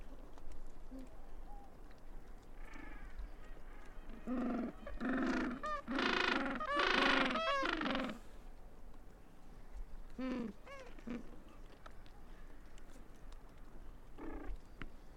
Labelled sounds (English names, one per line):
Gentoo Penguin call